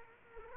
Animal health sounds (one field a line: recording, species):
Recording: mosquito wingbeat signal from an infrared sensor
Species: Culex quinquefasciatus